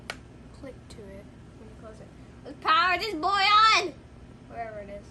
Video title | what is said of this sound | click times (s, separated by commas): Samsung Galaxy Z Fold 2 Unboxing | listen that's satisfying click | 0.1 s